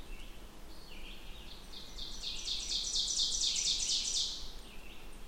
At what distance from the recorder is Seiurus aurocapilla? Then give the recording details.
about 45 m. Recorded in boreal forest in Alberta, Canada, on 16 June 2016 at 08:05. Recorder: SongMeter 3, array SBT-3-32. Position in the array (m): 142 m, 27 m. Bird 36